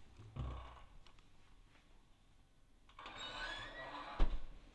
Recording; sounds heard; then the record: poultry house recording; no chicken sound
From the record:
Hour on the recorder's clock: 23